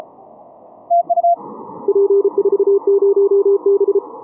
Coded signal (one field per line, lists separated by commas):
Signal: Morse code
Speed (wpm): 33 wpm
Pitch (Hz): 400 Hz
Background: none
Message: P40B